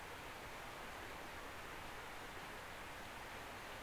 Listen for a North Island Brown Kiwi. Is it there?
no